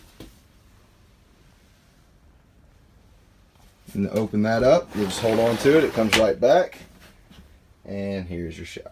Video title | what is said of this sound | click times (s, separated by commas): 2013 - inside | and locks into place | 0.2 s